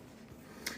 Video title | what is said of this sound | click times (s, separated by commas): 26/10/2024 pâte à tartiner noisette et carottes râpées | donc tac on l' encochche une fois qu'on a entendu le petit clic vous l'avez entendu la lame est mise | 0.7 s